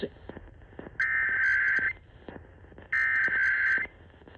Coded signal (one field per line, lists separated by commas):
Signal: Emergency Alert System (SAME) tones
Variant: header bursts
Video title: [EAS #250] Nationwide Test of the Emergency Alert System (WABC-AM) - Oct. 4, 2023